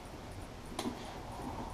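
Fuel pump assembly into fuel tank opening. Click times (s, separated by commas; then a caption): 0.8 s. A plastic fuel pump assembly on a BMW 1200 Series motorcycle is aligned from its starting spot to its finishing spot in the fuel tank opening during a fuel filter service. A short, sharp click at 0.8 s rises clearly above a steady low background hum as the assembly seats into place.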